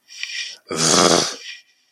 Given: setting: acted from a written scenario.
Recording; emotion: vocal sound without words; anger